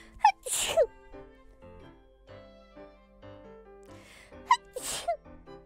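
Two sneezes from the speaker, each a brief high-pitched intake then a sharp airy burst, over soft background music.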